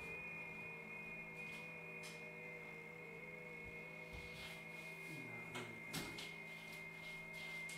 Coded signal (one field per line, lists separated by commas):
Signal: FT8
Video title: ICOM IC 705 -FT8 PRESET MENU after firmware update 1.20